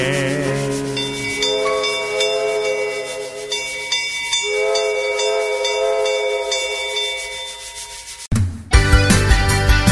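A train rolls along with a grinding, rubbing rumble while a sustained multi-tone whistle sounds, its pitch sagging and rising a couple of times, before a sudden louder burst of clatter at the end.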